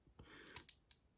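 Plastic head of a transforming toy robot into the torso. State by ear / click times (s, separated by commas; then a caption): seated / 0.9 s. The plastic head of a 1985 Transformers G1 Bumblebee toy robot is pushed into its torso into the robot-mode position during transformation, which is a bit awkward. A few light plastic clicks and rattles come at about 0.5, 0.6 and 0.7 seconds, then a sharp snap at 0.9 s as the head seats in place.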